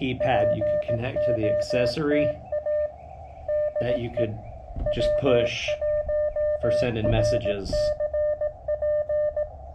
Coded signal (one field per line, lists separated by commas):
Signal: Morse code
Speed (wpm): 18 wpm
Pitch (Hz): 590 Hz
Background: speech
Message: POTA DE W1RCP